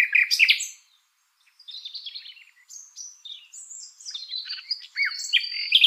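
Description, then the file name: Common nightingale giving a loud burst of notes, a brief pause, then a long sequence of varied whistles, trills and chirps. "Luscinia megarhynchos"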